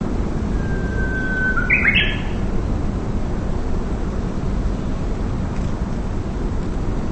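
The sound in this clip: Bird call: one drawn-out thin whistle followed by a short harsh chirping burst, heard once against constant low rumbling noise.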